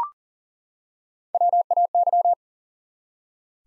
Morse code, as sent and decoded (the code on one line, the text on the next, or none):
.-- .- -.--
WAY